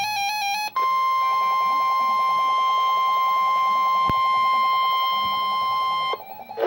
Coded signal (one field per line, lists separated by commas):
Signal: Emergency Alert System (SAME) tones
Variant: 1050 Hz attention tone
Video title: Alerts Recorded since January 12 (EAS #1,611 - 1,632) READ DESCRIPTION